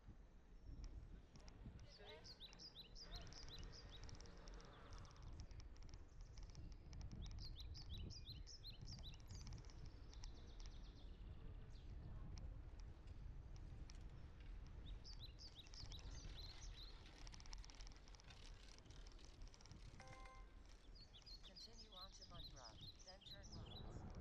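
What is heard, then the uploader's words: A bike ride along a canal on shared streets, with a steady low rumble of tyres and rolling motion throughout. Birds chirp and trill repeatedly above it, busiest around the start, middle and end, and a brief ringing tone sounds near twenty seconds. Ride along Utrecht canal on shared streets. Bike ride on shared streets.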